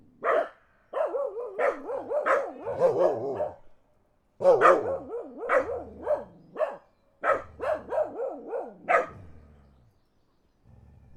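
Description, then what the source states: Dogs barking in rapid overlapping runs of harsh, wavering barks, broken by brief silences. Dogs barking in the countryside.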